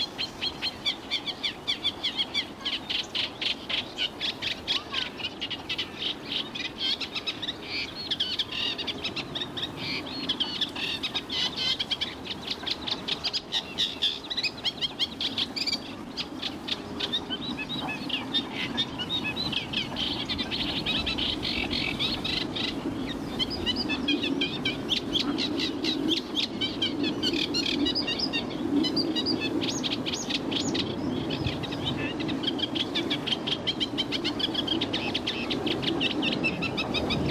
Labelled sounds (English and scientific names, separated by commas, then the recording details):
Eurasian Reed Warbler (Acrocephalus scirpaceus)
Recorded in the wild
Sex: male
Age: adult
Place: Berlin, OT Karow, Berlin, DE
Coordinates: 52.6228, 13.4597
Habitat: ponds
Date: 1988-05-29 11:03
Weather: sunny, 25,5°C
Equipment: Nagra SN (Automatik), Kopie Tesla B 116
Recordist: Tembrock, Günter